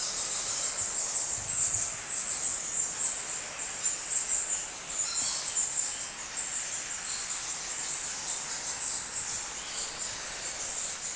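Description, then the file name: Bats, a crowded high-pitched chatter of overlapping squeaks, loudest near the start, then a steady shrill twittering continuing to the end. Busy bat activity inside a bat cave in Krabi, Thailand. "Bat Cave Busy Activity Krabi Thailand Epidemic Sound"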